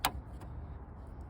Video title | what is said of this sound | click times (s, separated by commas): DIY Car Care: How to Refill Washer Fluid - GM Dealership Tutorial with Jeff | your cap back on till it clicks | 0.0 s